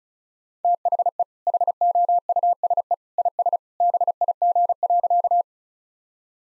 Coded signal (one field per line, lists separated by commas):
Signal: Morse code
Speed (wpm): 34 wpm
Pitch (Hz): 700 Hz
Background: none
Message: THE HOUSE IS BIG.